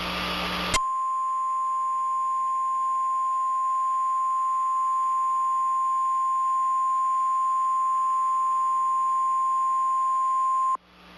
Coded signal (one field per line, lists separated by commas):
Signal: Emergency Alert System (SAME) tones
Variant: 1050 Hz attention tone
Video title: (Credit to SimplexEAS2019 Productions) EAS Hour #5 - Emergency Action Notification In Mars - 8/6/20